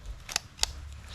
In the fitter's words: right? Clip clip. You heard that? Snap. Snap.